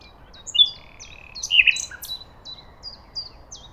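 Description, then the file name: Common nightingale song fragment: a brief whistle and a sharp rich note, among thin descending high notes that repeat steadily throughout, with a soft hiss behind. "Luscinia megarhynchos"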